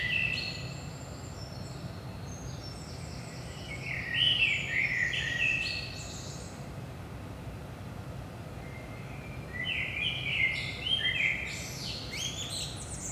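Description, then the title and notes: Common blackbird song: rich, mellow warbled phrases, each finishing with squeaky high notes, set against a continuous low hum. Saint-Gilles, Belgium; about 5 am, early morning; recorded with DPA 4060 microphones in AB placement into a Zoom F3. "Saint-Gilles, Belgique - 5am Blackbird. Blackbird in the morning. Merle au petit matin"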